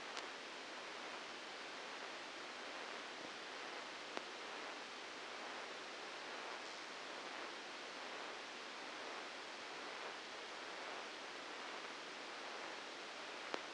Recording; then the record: brain microelectrode recording played as sound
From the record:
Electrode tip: outside the subthalamic nucleus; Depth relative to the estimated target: 2 mm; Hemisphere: left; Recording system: NeuroSet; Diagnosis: Parkinson's disease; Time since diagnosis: 8 years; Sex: male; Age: 59 years